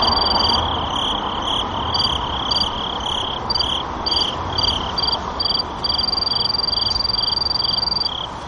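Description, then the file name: Sword-tail cricket giving short high chirps at first, then a sustained bright trill, with a lower regular pulsing throughout against a soft hissing background. Recorded 1 November 2013. "20131101 A-kinhibari"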